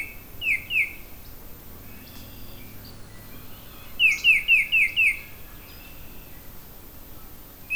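Oriole calling with short, bright downslurred notes, first a quick pair, then a rapid run of five, with another note starting at the very end.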